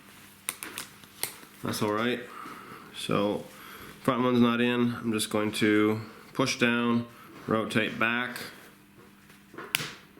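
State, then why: Seated. A replacement ear pad's mounting ring is pushed down onto a headphone ear cup and rotated back while someone talks, with a few light taps early on. A single sharp snap at 9.8 s marks the ring seating into the cup.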